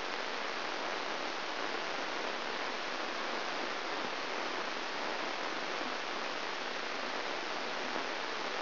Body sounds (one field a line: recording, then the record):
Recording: brain microelectrode recording played as sound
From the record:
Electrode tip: inside the subthalamic nucleus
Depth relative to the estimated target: 3.5 mm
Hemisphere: right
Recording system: AlphaMap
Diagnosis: Parkinson's disease